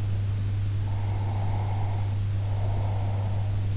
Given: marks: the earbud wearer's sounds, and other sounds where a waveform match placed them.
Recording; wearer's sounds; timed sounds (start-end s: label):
sounds in sleep by an in-ear microphone; breath
0.73-3.59 s: breath